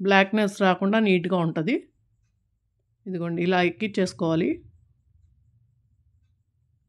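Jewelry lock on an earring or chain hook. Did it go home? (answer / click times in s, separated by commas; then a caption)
no / none. A small metal jewelry lock is threaded onto an earring or chain hook and positioned before being pressed so it locks in place. Someone talks in two bursts, and then only faint low handling noise follows. Nothing has clicked or locked yet.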